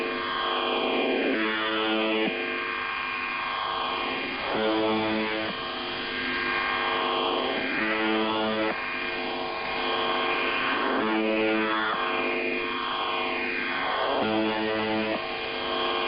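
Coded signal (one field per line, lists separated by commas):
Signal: channel marker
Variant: UVB-76 (The Buzzer)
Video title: [Old Recording] The Buzzer/UVB-76 Weird Sound Transmission 01/07/2023 16:11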